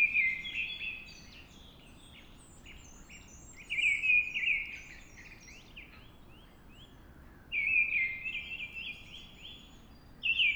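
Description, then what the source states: Mistle Thrush song: loud, fluty, warbling phrases repeated every three to four seconds, with softer high chirps from other birds behind. Singing at dawn.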